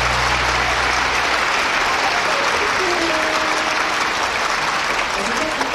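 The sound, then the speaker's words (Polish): Dense, sustained concert applause from a large audience, taken from a record and played at the start of a Polish Radio Program Three (Trójka) broadcast to evoke a concert event, a steady wash of many hands clapping at an even, fairly loud level for about six seconds without a break. “Te brawa to oczywiście sygnał przywołujący skojarzenie z wydarzeniem koncertowym.”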